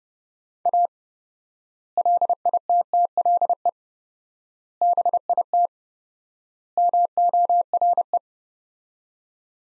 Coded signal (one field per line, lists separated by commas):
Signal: Morse code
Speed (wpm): 32 wpm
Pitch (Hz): 700 Hz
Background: none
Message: A LITTLE BIT MORE